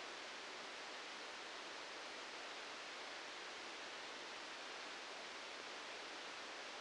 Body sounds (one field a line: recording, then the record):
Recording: brain microelectrode recording played as sound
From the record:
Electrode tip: outside the subthalamic nucleus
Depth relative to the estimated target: -6 mm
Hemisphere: right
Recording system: NeuroSet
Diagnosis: Parkinson's disease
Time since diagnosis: 13 years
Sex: male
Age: 65 years